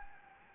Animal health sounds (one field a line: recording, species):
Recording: mosquito wingbeat signal from an infrared sensor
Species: Anopheles gambiae